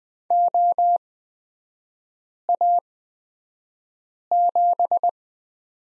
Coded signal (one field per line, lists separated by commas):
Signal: Morse code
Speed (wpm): 20 wpm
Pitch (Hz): 700 Hz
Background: none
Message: OA7